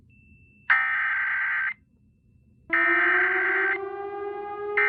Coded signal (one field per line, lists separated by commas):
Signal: Emergency Alert System (SAME) tones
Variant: header bursts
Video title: Iron - An EAS Scenario Jr. (For @HiatusUntilDecember1st )